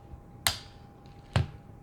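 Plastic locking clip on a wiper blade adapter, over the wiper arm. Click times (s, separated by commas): 0.5 s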